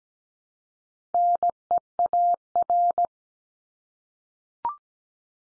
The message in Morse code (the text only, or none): NEAR